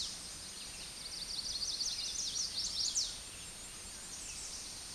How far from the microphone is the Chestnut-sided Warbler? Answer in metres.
about 40 m